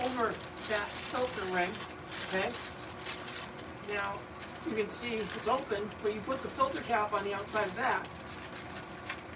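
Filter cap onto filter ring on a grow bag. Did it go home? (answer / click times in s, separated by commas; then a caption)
yes / 9.1 s. Someone talks while a plastic filter cap is pushed over the outside of a filter ring that has a mushroom grow bag pulled through it. A short, sharp snap is heard at 9.1 seconds as the cap snaps in place on the ring.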